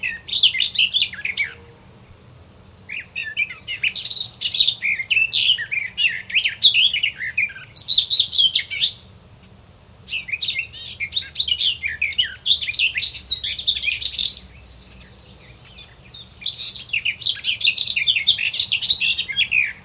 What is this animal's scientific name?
Sylvia borin